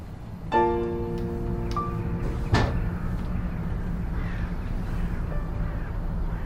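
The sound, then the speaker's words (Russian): A man in a wheelchair opens balcony doors, which swing open with a long, drawn-out creak of the hinges, followed by a single sharp clunk, over a steady low background rumble. “Направился к балкону, открыл двери.”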